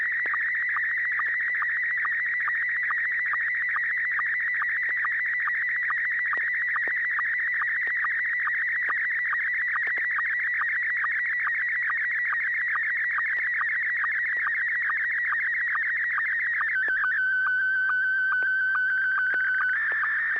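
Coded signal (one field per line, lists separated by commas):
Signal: SSTV (slow-scan television)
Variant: Scottie 1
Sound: continuous warbling whistle with rapid regular ticks, settling into a steadier tone near the end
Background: low steady hum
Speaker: I'm going to send this one Scotty one and 6 YG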